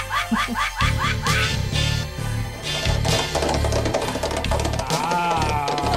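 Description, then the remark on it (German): Digitally sampled horse whinnies, processed in Vienna, Austria, in fall 1984, chopped into a quick run of repeated squealing calls, then layered into a dense electronic music track with a steady low bass pulse. “Das waren Digital Horse Samples, processed in Vienna, Austria, during Fall 84.”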